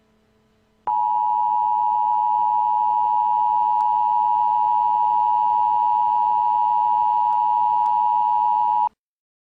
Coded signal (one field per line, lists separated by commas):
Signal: Emergency Alert System (SAME) tones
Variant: 853 and 960 Hz attention tone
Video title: Equestria EAS: Train Derailment (Re-upload)